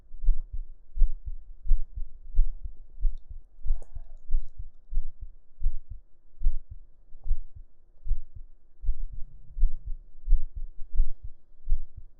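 Steady low thumps of a heartbeat at roughly 85 beats a minute, each beat a muffled lub-dub heard with the ear laid on the chest under the shirt. Fabric rustle and a faint background hum sit underneath. It is an ordinary, regular heartbeat.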